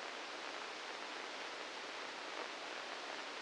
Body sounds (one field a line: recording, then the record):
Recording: brain microelectrode recording played as sound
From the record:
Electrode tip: inside the subthalamic nucleus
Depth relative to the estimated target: -1 mm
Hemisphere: left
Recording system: NeuroSet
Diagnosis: Parkinson's disease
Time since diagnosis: 9 years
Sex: male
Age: 61 years